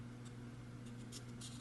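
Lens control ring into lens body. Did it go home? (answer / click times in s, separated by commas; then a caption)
no / none. During reassembly of a metal Petri 135mm f3.5 C.C Auto lens, a control ring is lined up with its red dot, slid into the lens body and turned the other way. A steady low hum runs throughout, with faint scraping rustles of the ring moving at about 0.3, 0.9, 1.2 and 1.4 seconds. Nothing has snapped or seated into position yet.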